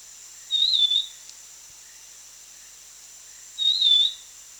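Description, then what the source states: Black-capped babbler giving two clean whistled notes with a gentle rise and fall, spaced roughly three seconds apart, against a constant high-pitched background buzz. Recorded on 1 July 2008.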